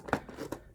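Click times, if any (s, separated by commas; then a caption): 0.1 s. A clear plastic display cover is set back on top of its display base on a product box and pressed down until its corners lock in. A sharp snap at 0.1 s marks the cover seating, followed by a softer click near 0.5 s. The lid is seated in place.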